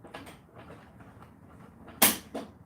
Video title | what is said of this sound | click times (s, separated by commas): Replacing a Garage Door#garagedoor #liftmaster #newgaragedoor #stlouis | there it is you go a little more but that's the popping there's a little piece in here that popped | 2.0 s